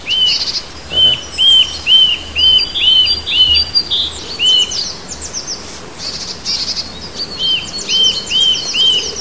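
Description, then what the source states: Bird song, a run of clear arched whistled notes repeated about twice a second, broken by twittering phrases, over faint background hum. Native bird recorded at a hedge in March.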